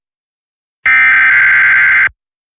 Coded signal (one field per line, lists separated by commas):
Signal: Emergency Alert System (SAME) tones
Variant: header bursts